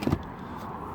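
After emptying, a plastic toilet waste cassette is pushed back into its bay in a motorhome. A brief low-pitched bump of handling noise sounds in the first fraction of a second, then only a quiet, steady background hum remains for the rest of the clip. The cassette has not seated or clicked into place yet.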